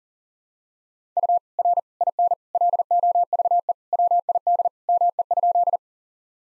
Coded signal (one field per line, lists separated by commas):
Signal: Morse code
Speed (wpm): 40 wpm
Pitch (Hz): 700 Hz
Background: none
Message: U R IN LOVE WID ME?